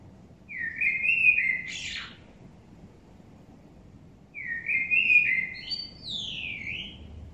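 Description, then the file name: Common blackbird giving two warbled song phrases, each finishing in high, thin notes, with a quiet pause between them. "Turdus merula"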